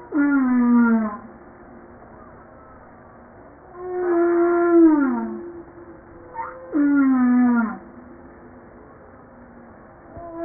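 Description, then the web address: Humpback whale song, flat harmonic moans that drop at the end, alternating with steep downward sweeps. "pub JASA 2013 Blue Bowhead Fin Humpback Southern Right Whale humpback-01 940305"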